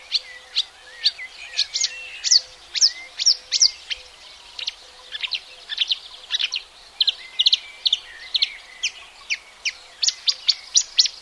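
Marsh warbler pouring out a long varied song of sharp high notes, whistled slurs and buzzy fragments, over a faint steady low hum.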